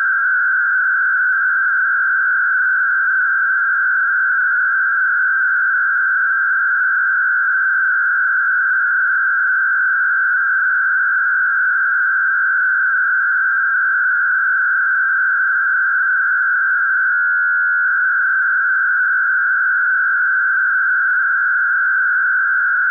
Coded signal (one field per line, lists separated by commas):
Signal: MT63